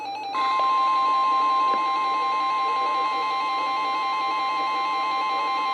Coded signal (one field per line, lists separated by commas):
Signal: Emergency Alert System (SAME) tones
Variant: 1050 Hz attention tone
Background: music